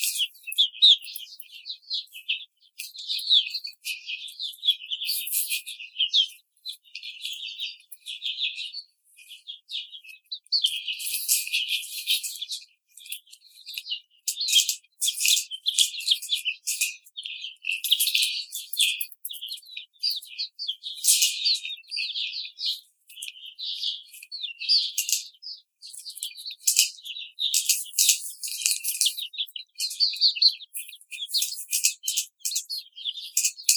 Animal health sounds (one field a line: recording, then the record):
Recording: young laying hens in a cage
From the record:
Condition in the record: treatment cage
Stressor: simulated dog barking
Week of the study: 5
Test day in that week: 1